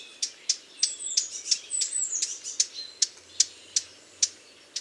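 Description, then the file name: Eurasian blackcap giving hard, clicking tack calls repeated rapidly, with thin high whistles from other birds in the background. "Sylvia atricapilla"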